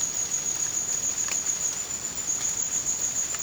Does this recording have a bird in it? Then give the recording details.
no. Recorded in dense forest near Puerto Asís, Putumayo, Colombia, on 23 June 2025 at 15:30. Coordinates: 0.484, -76.317. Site G045